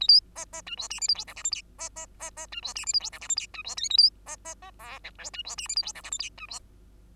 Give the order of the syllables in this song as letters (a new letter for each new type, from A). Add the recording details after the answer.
A B C C D E F G H I J K L M C C C C D E F G H I J K L M D E N A B C C C O P Q D E F G H I J K L M D E. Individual Bird2